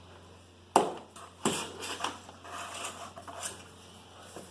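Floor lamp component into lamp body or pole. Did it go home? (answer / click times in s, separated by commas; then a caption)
no / none. Someone handles a heavy LIVARNO LUX LED floor lamp from LIDL, pushing a part into the lamp body or pole during assembly. A sharp knock sounds at 0.8 s, another at 1.5 s and a softer one at 2.1 s, followed by quieter rubbing and handling noise. Nothing has seated or clicked into place yet.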